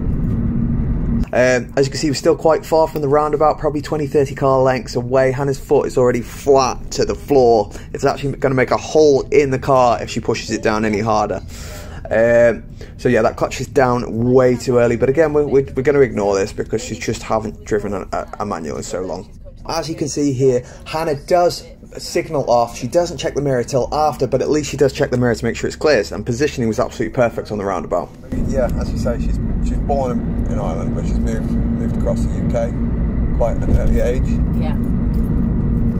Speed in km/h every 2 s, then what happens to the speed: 45, 40, 39, 32, 32, 31, 29, 24, 19, 23, 27, 34, 40, 42, 48, 53, 55, 53.
4-6 brakes to 32. 6-11 steady at about 32. 11-16 slows to 19. 16-29 speeds up to 53. 29-36 steady at about 53.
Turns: none.